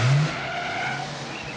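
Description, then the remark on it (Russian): A car pulls up and parks by a building: a steady engine rumble with a short low drone at the start and a hissing wash of tire noise, with no voices. “Припарковав автомобиль у здания, Биф выходит.”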